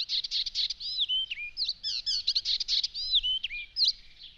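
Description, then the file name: Icterine warbler song, dense scratchy chatter broken by clear sliding whistles, fast and unbroken throughout. "Spotvogel"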